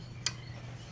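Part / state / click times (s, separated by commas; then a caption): large snap ring into its groove on the Dana 30 front axle/spindle assembly / seated / 0.3 s. A large steel snap ring is fitted into its groove on the Dana 30 front axle spindle assembly during a front disc brake conversion on a 1966 Ford Bronco. A single sharp metallic snap at 0.3 s stands out over a steady low hum. The ring pops into the groove and is seated.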